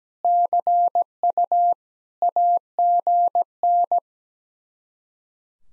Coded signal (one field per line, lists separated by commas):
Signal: Morse code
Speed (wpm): 17 wpm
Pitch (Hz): 700 Hz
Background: none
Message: CU AGN